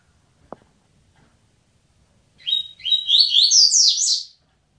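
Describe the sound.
Double-collared seedeater song, a couple of whistled slurs then an accelerating, rising series of high notes lasting about two seconds; a single tap precedes it.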